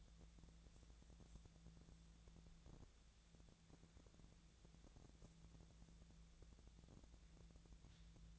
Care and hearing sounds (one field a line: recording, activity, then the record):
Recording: daily activity, microphone in the room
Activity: wipe stove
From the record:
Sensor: 3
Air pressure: 1000.5 hPa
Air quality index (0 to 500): 174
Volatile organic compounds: 3 ppm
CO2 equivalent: 1513 ppm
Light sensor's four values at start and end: 14/34/14/15 and 14/33/14/15